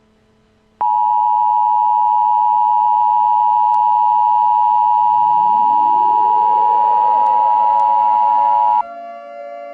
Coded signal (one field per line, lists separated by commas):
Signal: Emergency Alert System (SAME) tones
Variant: 853 and 960 Hz attention tone